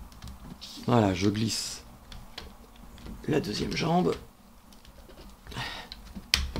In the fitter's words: voilà c'est enclenché